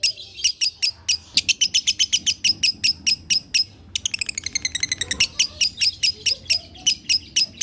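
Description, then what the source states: Lovebird song of rapid piercing chirps repeated several times a second, with a quicker rattling trill in the middle before the steady chirping resumes. Konslet song style.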